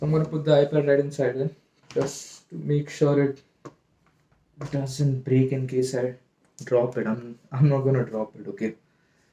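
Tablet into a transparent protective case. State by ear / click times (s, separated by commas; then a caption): not seated / none. An iPad Air 5 (M1, 2022) tablet is being handled to go into a transparent hard plastic protective case to keep it from breaking if dropped. Someone talks throughout, with two faint sharp handling sounds in a pause near 3.7 s and 4.1 s. Nothing has snapped into place yet.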